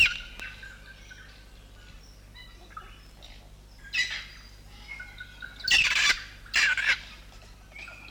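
South Island kaka making scattered quiet notes followed by several loud, harsh squawking bursts in the second half.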